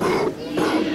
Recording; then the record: coughing mixed with background sound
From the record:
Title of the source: Coughing 77